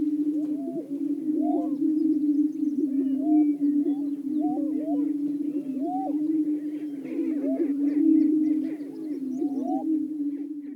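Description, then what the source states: Greater prairie-chickens in a chorus: a steady low moaning drone under many short rising whoops and cackles, overlapping throughout. Several greater prairie-chickens calling.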